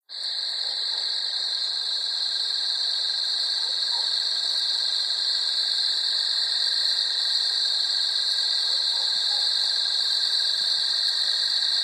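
Cricket, a dense continuous high trilling of several steady tones that starts abruptly and holds evenly to the end.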